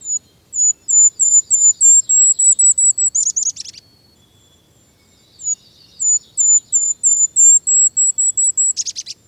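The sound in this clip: Golden-crowned Kinglet singing two bouts, each a string of high, thin, repeated notes ending in a fast jumbled flourish, with a pause between.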